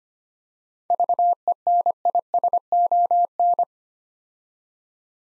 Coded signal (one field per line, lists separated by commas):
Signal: Morse code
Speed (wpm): 25 wpm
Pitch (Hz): 700 Hz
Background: none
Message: VENISON